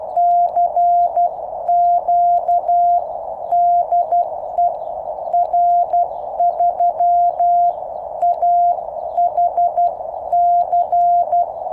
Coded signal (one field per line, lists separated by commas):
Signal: Morse code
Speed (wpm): 12 wpm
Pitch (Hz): 700 Hz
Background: none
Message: CQ DE R3AHC